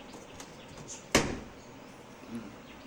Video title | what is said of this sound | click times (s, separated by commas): Whirlpool 7kg semi automatic washing machine Ace model தண்ணீர் வெளியேறவில்லை spot service Live video | lock ஆயிடுச்சு, | 1.1 s